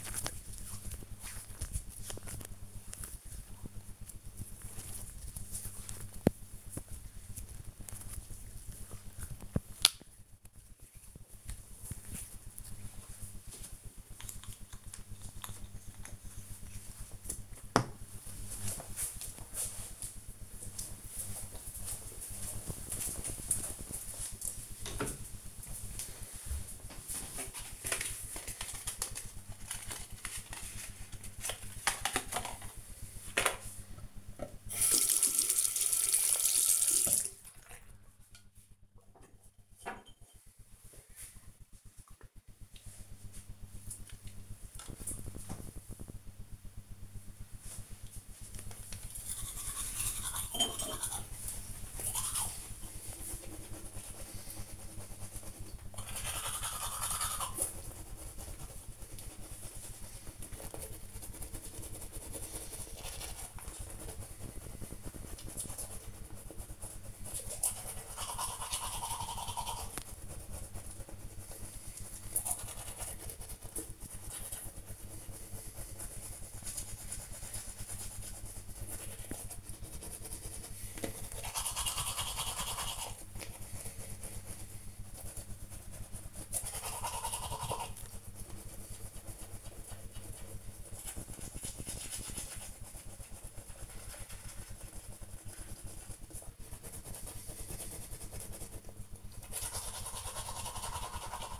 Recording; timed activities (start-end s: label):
household activities, microphone on the right wrist
0.00-10.45 s: cream hands
32.61-101.60 s: brushing teeth